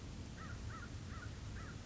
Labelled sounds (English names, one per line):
American Crow